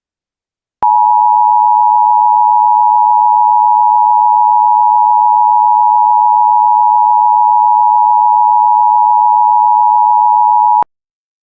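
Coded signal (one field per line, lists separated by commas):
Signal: Emergency Alert System (SAME) tones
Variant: 853 and 960 Hz attention tone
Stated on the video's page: Fictional EAS scenario, a simulated alert rather than a real broadcast.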